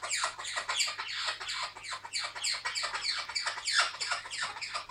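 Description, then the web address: Blue-headed parrot calls: rapid harsh, grating squawks with downward-sweeping notes, tumbling out roughly three a second without pause. "sinegolovyi cernouxii brazilskii popugai pionus. parrots pionus-menstruus"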